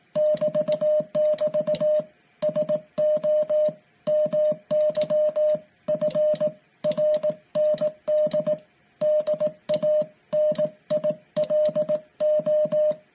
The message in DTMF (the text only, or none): none